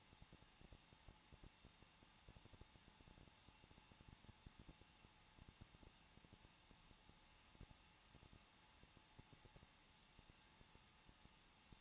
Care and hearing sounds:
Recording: daily activity, microphone in the room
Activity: no activity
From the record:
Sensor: 1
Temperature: 20.1 degrees Celsius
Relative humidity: 39.4%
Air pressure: 1006.4 hPa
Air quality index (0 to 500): 219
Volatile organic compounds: 81 ppm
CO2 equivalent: 3617 ppm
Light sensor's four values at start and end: 1/2/1/1 and 1/2/1/1

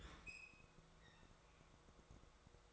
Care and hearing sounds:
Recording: daily activity, microphone in the room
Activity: open fridge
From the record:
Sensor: 3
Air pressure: 1004.5 hPa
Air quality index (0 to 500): 192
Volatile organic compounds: 13 ppm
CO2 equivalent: 2410 ppm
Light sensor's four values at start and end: 5/12/4/4 and 5/12/4/4

